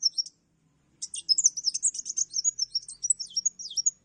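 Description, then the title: Songbird song, a short chirp then a fast, continuous high twittering phrase. "Burung Campur"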